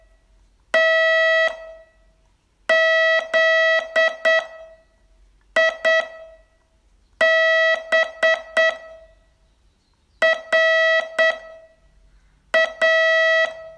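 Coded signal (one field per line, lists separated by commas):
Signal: Morse code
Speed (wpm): 8 wpm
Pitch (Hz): 650 Hz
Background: none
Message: T Z I B R A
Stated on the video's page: Morse training lesson, day 23 of a 42-day course.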